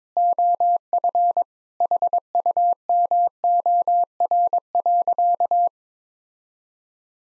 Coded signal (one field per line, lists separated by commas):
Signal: Morse code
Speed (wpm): 22 wpm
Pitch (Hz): 700 Hz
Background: none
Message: OF HUMOR.